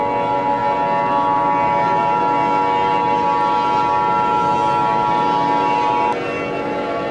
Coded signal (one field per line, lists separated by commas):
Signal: Emergency Alert System (SAME) tones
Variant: 853 and 960 Hz attention tone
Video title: Eas Scenario 007 - Attack of the Object Shows